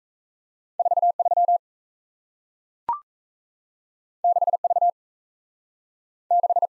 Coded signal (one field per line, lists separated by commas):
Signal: Morse code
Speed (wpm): 38 wpm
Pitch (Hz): 700 Hz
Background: none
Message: 43 6V 6